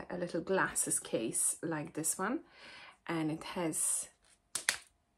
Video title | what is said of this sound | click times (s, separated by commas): Glasses case with snap closure. Fully lined no raw edges. #sewingtutorial | you can you hear the snap I love it so satisfying and | 4.6 s, 4.7 s